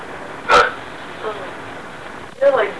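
Two abrupt, voiced hiccups about two seconds apart, with a faint gulp between them, over steady background noise, in an adult.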